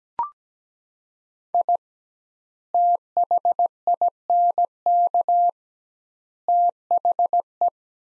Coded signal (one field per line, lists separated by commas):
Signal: Morse code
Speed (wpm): 17 wpm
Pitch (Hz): 700 Hz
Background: none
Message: I THINK THE